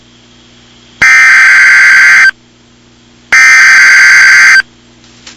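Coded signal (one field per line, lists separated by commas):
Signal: Emergency Alert System (SAME) tones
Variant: header bursts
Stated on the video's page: Fictional mock EAS scenario about mutated rats.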